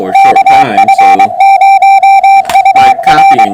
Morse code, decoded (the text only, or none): KF0UR